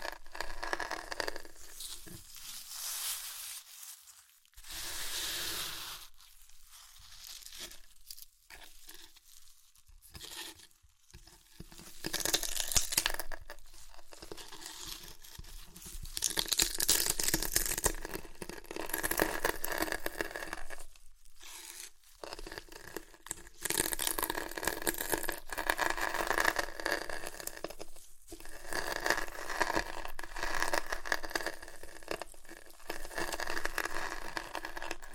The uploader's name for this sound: Satisfying Chips Crunchy Crushing & Eating Sounds